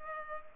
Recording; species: mosquito wingbeat signal from an infrared sensor; Culex pipiens